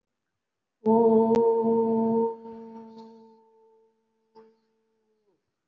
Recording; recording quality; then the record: sustained vowel as in boot; excellent, no background noise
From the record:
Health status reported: respiratory illness, not identified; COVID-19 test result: not tested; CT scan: not taken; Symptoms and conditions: cough, breathing difficulty, asthma, another respiratory illness, hypertension, another condition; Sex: female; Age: 42 years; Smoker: no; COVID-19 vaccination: none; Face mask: worn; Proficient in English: no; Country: India